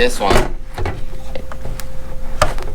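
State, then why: Released. Someone talks while working the blade tension lever on a Dewalt 12V Xtreme 1 3/4 cordless portable band saw (DCS375B), with small handling knocks and taps throughout. A sharp metal click comes at 2.4 s as the lever unlocks, releasing it.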